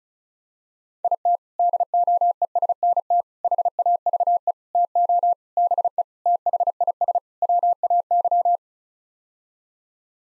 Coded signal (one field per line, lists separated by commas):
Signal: Morse code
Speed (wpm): 36 wpm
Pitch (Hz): 700 Hz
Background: none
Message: IT DOESNT HAVE TO BE THIS WAY